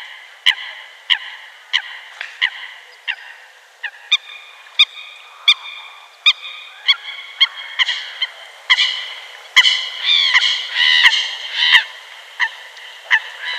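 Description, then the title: Eurasian coot calling in a long run of sharp, clipped nasal notes, fairly steady at first, then louder and overlapping near the end. "Sylvain Jaskowiak - Mes piafs. Foulques macroule"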